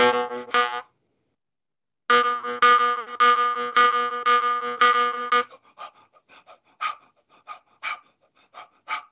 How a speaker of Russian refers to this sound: А так как у нас акцент идет здесь, да, и у нас легкие как бы тут не участвуют, то животом идет дыхание в основном. То есть... Я животом вот накачиваю воздух, да, вот как это выглядит уже в игре на варгане.